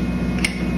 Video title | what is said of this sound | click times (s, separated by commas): Scotchman 50 Ton Ironworker Punch Assembly & Safety | slides on locks into place | 0.4 s